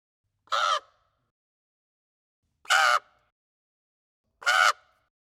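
Raven cawing: three rough, throaty single calls, each short and spaced about two seconds apart, nothing else audible.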